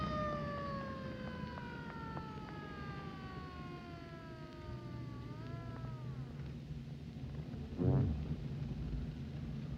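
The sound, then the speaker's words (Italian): A police car siren wails over a low rumbling background, its harmonic tone sliding slowly downward for several seconds before fading, followed by a brief wavering burst of sound. “Arriva la polizia.”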